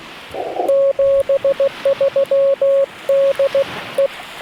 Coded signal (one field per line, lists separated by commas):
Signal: Morse code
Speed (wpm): 16 wpm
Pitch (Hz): 550 Hz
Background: none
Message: 73 DE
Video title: Morse code POTA in my Home Park - Logging With World Radio League!!!